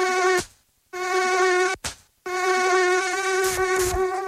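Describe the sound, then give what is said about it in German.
A thin, high-pitched mosquito whine drones steadily in a radio advertisement for mosquito and tick repellent, cutting out twice in short silent gaps before resuming. No voices, just the insistent buzzing tone. “Antibrom, der wirksame Schutz gegen Mücken und Zecken.”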